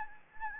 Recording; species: mosquito wingbeat signal from an infrared sensor; Anopheles gambiae